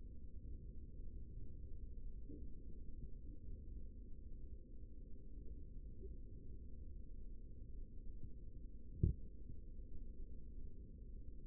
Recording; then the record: forearm muscle sounds (acoustic myography)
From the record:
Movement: rest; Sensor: system 3, bracelet of six PUI Audio POM-2738L microphones around the upper forearm, with dedicated amplification and filtering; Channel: 6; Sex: male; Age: 55 years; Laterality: right